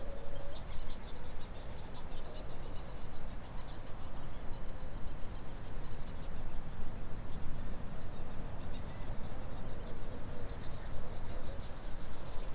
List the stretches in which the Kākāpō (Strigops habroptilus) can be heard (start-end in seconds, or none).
none